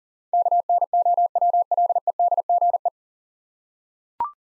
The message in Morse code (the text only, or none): KNOWLEDGE